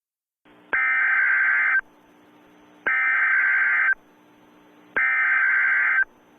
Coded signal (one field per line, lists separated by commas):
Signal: Emergency Alert System (SAME) tones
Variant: header bursts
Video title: EAS 3